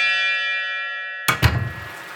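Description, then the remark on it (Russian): A small bell on a motel door rings with bright, sustained metallic tones as someone walks out, the tones hanging steadily, then stopping abruptly as a couple of dull knocks and a soft rustle follow. No one speaks. “Дверной колокольчик звякнул вновь.”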